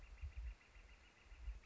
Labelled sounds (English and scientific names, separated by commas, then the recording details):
Northern Flicker (Colaptes auratus)
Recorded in Sonoma County, California